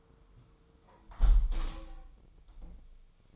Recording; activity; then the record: daily activity, microphone in the room; close window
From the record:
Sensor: 1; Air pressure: 999.8 hPa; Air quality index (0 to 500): 230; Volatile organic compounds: 91 ppm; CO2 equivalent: 3691 ppm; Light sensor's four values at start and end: 11/27/10/11 and 10/25/10/11